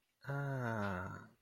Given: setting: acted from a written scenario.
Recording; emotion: vocal sound without words; serenity